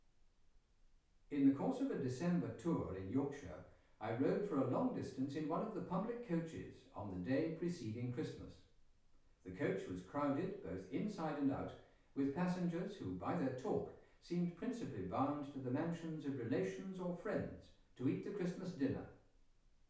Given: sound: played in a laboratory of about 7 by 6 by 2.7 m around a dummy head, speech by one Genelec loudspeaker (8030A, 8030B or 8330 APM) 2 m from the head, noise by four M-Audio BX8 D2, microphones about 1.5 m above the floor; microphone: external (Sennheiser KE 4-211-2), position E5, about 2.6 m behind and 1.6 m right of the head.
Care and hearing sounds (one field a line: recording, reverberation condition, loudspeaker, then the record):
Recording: male speech in English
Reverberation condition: medium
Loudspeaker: 60 degrees to the right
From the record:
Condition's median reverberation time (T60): about 510 ms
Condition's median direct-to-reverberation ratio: about -0.5 dB